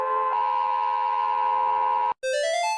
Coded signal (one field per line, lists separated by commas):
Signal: Emergency Alert System (SAME) tones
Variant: 853 and 960 Hz attention tone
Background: music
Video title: ￼Rating EAS Alarms S2 Part 3: The Long Boi